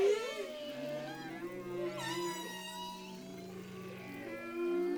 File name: HUMPBACK WHALE SONG